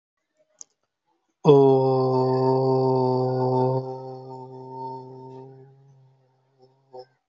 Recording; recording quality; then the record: sustained vowel as in boot; excellent, no background noise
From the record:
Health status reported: healthy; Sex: male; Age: 21 years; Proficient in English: yes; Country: India